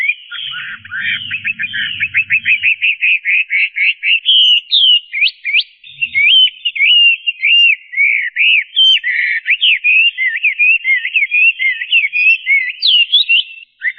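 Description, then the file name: Chinese hwamei song, long and varied: a rapid stuttering run of notes, then rich looping whistled phrases pouring on, faint hum at the start. "audio-kicauan-burung-hwamei -omkicau"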